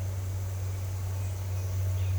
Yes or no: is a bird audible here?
no